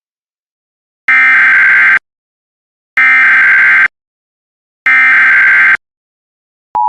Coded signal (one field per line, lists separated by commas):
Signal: Emergency Alert System (SAME) tones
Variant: header bursts